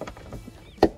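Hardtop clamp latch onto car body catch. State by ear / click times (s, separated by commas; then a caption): seated / 0.8 s. An over-center clamp latch on a removable Lemke three-piece hardtop for a 1993 Dodge Viper RT/10 is hooked onto its catch on the car body and snapped closed. A few soft knocks and rustles come first, then one sharp, loud snap at 0.8 s as the clamp seats shut.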